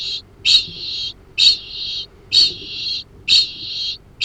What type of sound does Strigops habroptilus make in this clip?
ching call